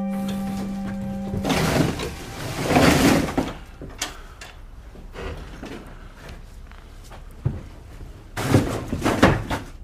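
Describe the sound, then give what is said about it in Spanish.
A wooden false cupboard door in a church, hiding a stairway down to the crypt, is opened and shut, giving a few rough, scraping bursts and dull knocks spread over several seconds, with a low steady hum at the very start. “Saunier descubrió una escalera que descendía a la cripta, escondida tras una puerta falsa de su armario”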